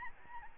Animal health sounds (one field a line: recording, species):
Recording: mosquito wingbeat signal from an infrared sensor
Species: Aedes albopictus